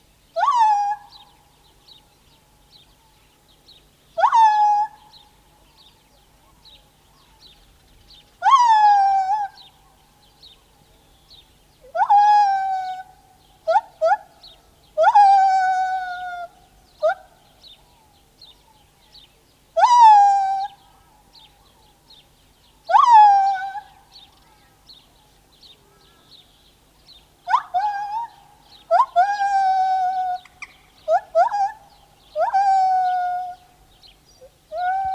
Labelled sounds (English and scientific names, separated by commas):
Lar Gibbon (Hylobates lar) song